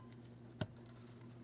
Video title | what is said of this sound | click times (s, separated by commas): How to Replace HVAC Blower Motor Assembly 2003-2008 Toyota Matrix | After our audible click, a light tug. | 0.6 s